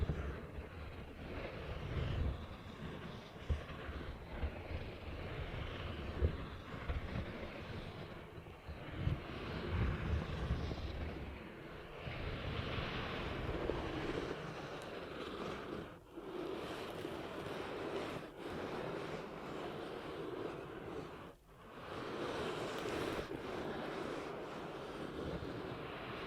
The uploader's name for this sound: ASMR 10 Ear Cupping Triggers